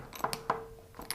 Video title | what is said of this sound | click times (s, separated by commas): iQuatics AquaLumi Universal T5 Unit Assembly | just give them a little push until they click and again we're ready to tighten down both of | 0.5 s, 1.1 s